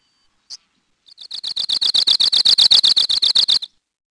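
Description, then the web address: Arctic Warbler: one sharp high note, then a rapid, metallic trill of identical notes that grows louder and lasts about two and a half seconds. "Peterson North American Birds"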